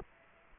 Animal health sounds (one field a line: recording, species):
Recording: mosquito wingbeat signal from an infrared sensor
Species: Culex quinquefasciatus